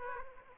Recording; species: mosquito wingbeat signal from an infrared sensor; Aedes aegypti